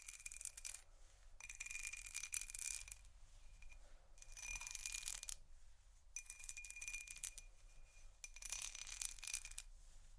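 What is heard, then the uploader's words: Bright bristle and rubbing scratches come in bursts of a second or two, separated by brief quiet gaps, over a faint low hum. Vinyl,plastic,bristles,tap,crinkle,scratching,glass,etc.(No Talking).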